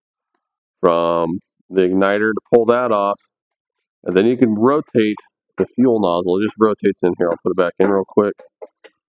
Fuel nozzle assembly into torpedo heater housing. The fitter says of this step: just rotates right there and locks in place